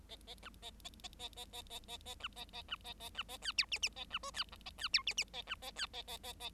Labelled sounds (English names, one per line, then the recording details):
Bengalese Finch song
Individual Bird7